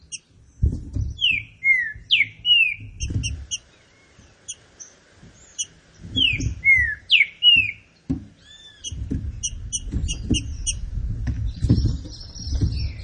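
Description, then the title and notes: Green-winged saltator giving two matching phrases of loud falling whistles, about five seconds apart, with high chirps and low knocking sounds around them. Classic song style, used for training. "Canto Clássico Trinca Ferro TREINAMENTO. trinca fero"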